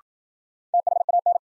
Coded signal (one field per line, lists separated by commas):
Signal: Morse code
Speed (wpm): 53 wpm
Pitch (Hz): 700 Hz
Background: none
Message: THAN